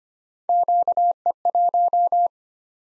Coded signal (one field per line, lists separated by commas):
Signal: Morse code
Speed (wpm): 25 wpm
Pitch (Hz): 700 Hz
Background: none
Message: QE1